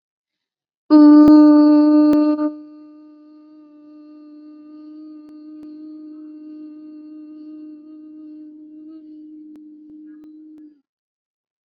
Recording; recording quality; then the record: sustained vowel as in boot; excellent, no background noise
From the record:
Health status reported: COVID-19 positive, mild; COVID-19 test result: positive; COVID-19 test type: RT-PCR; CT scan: not taken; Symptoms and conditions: cough, sore throat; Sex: female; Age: 18 years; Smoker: no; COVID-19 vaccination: both doses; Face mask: not worn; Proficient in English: yes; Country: India